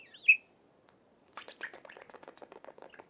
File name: Budgerigar sound